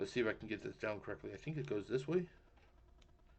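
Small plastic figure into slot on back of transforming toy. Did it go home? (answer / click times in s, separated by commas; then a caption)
yes / 3.0 s. Someone talks while lining up a small plastic Prime Master figure (Transformers Power of the Primes, Vector Prime) with the slot on the back of a larger transforming toy, then goes quiet. The figure is pushed in and gives a single short, faint click at 3.0 s as it seats into the back slot.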